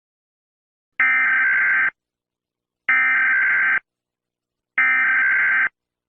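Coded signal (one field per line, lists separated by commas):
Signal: Emergency Alert System (SAME) tones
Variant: header bursts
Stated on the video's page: Fictional scenario alert, not a real broadcast.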